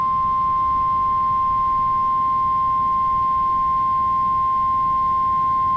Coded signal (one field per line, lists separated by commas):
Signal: Emergency Alert System (SAME) tones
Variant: 1050 Hz attention tone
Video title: DEEP SOUTH MAYHEM | EAS Alerts from June 14th, 2023 (EAS #2595-2630)